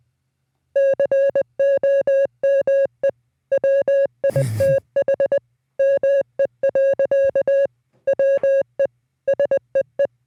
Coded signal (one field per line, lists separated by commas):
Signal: Morse code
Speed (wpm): 20 wpm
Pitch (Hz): 550 Hz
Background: music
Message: COME WITH ME. WE SEE